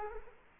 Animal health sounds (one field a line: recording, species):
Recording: mosquito wingbeat signal from an infrared sensor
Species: Culex quinquefasciatus